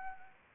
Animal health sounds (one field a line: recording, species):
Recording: mosquito wingbeat signal from an infrared sensor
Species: Anopheles arabiensis